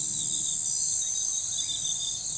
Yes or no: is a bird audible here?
no